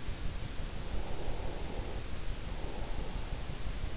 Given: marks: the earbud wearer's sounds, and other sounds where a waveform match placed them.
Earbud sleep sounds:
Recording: sounds in sleep by an in-ear microphone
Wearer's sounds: breath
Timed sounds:
0.21-3.69 s: breath

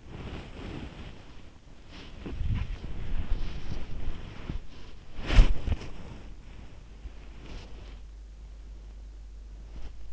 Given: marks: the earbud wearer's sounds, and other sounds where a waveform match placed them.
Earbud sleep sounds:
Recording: sounds in sleep by an in-ear microphone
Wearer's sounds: body movement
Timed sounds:
0.00-10.13 s: body movement

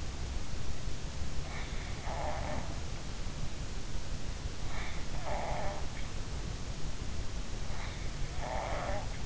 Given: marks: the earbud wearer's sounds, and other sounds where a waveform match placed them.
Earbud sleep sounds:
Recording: sounds in sleep by an in-ear microphone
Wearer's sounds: snoring breath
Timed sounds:
1.80-2.73 s: snoring breath
5.03-5.74 s: snoring breath
8.26-9.26 s: snoring breath

